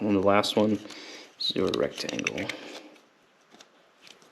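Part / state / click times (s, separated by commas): rectangular plastic wiring connector into matching harness connector / not seated / none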